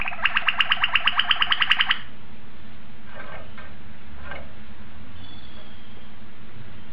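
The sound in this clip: Domestic canary song: a brief, fast, bright trill of about two seconds, followed by quiet with a few faint notes.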